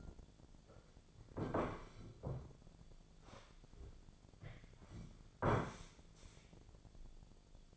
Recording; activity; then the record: daily activity, microphone in the room; sit down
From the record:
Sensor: 5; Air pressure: 1008.2 hPa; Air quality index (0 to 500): 153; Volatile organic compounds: 3 ppm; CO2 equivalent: 1477 ppm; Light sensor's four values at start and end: 60/168/65/65 and 60/168/65/66